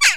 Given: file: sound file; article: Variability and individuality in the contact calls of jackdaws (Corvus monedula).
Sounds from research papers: jackdaw call; harmonic

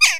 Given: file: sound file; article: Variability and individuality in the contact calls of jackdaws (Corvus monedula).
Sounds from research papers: jackdaw call; harmonic

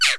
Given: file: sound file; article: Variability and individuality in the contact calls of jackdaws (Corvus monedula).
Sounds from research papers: jackdaw call; noisy

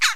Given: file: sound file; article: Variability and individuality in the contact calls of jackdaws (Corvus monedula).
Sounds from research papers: jackdaw call; harmonic

